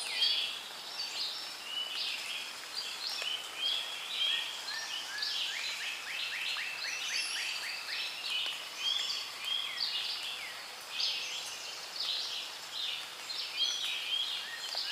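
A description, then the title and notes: Rainforest chorus of dense, overlapping high chirps and trills throughout, with rapid clicking bursts mid-clip and a steady hiss beneath. Rainforest and Frog Sounds.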